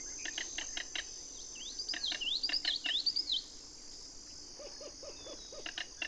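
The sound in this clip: King rail giving series of sharp, clicking kek notes, with another bird's whistled phrase over some of them and a steady high insect hum behind.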